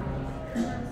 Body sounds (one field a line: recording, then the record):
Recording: background sound without coughing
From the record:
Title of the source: 60 minutes of coffee shop sounds for study and concentration